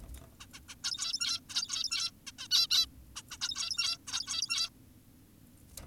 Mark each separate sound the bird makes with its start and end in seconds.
0.40-0.46, 0.54-0.60, 0.69-0.75, 0.84-1.40, 1.50-2.11, 2.27-2.32, 2.39-2.48, 2.51-2.67, 2.70-2.86, 3.16-3.22, 3.31-3.38, 3.41-3.98, 4.08-4.70